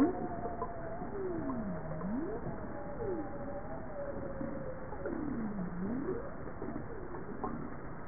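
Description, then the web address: Bowhead whale calls: low moaning tones that sweep down and back up in U-shaped arcs, alongside a steadier, higher wavering tone, over a constant hiss of sea noise. "JASA 2013 Blue Bowhead Fin Humpback Southern Right Whale"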